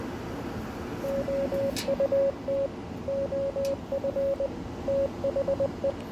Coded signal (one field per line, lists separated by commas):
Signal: Morse code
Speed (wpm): 20 wpm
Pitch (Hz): 550 Hz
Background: radio noise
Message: OUT OF THE